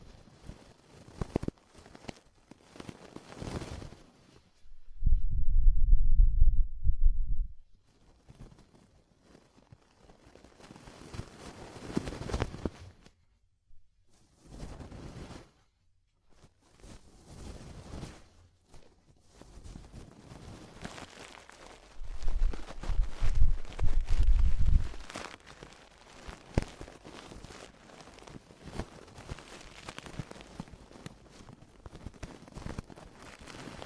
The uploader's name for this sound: DEEP Ear Penetrating Cleaning